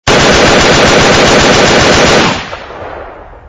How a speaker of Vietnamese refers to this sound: Ngón tay tên Tám miết mạnh lên cò súng, một loạt đạn nổ vang cùng đà.